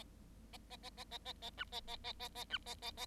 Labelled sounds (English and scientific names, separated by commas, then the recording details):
Bengalese Finch (Lonchura striata domestica) song
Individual Bird7